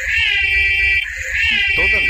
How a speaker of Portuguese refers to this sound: Já aproveitando que a gente mudou completamente de assunto, a gente tá pra instituir o alarme de assunto. Toda vez que começar a se desviar do assunto, vai tocar esse som aqui, ó.